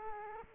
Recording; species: mosquito wingbeat signal from an infrared sensor; Aedes aegypti